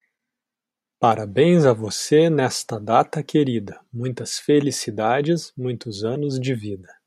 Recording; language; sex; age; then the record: short text; Brazilian Portuguese; male; 30 to 39 years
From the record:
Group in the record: control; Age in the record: 38 years